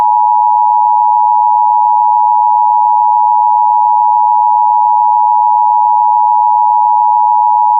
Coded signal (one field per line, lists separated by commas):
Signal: Emergency Alert System (SAME) tones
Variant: 853 and 960 Hz attention tone